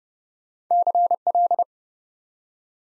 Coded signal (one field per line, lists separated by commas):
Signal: Morse code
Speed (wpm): 30 wpm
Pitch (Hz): 700 Hz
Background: none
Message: CL